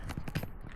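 After the nozzle came off, a straight spray nozzle is refitted onto a battery jet wash lance and seats on the second try. Short plastic knocks sound around 0.1 and 0.3 s, then a sharper click at 0.4 s as the nozzle locks on.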